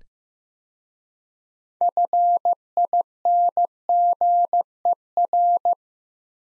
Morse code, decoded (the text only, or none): FINGER